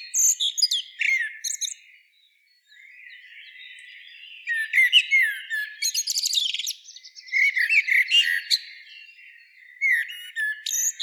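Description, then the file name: Common blackbird sounds as phrases of high twittering and slurred whistles, broken by a short silence, then a buzzy rattling passage and further chirpy notes. "Turdus merula"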